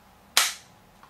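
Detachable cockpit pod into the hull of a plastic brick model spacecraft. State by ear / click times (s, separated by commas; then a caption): seated / 0.4 s. The detachable cockpit section of a plastic brick-built LEGO Star Wars Jedi Scout Fighter (set 75051, Summer 2014 wave) is slid back along its rails and pushed onto the hull. A loud, sharp, solid click at 0.4 s, fading quickly, shows it seating into position, followed by a faint small tick at 1.0 s.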